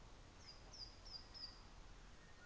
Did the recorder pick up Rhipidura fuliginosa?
no